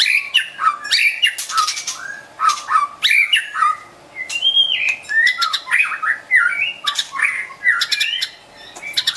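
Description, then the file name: White-rumped shama song, dense and energetic, mixing warbled whistles with harsh clicks and rasping notes almost without pause. Wild bird from forest near Medan, singing actively (gacor). "suara burung murai batu hutan medan gacor"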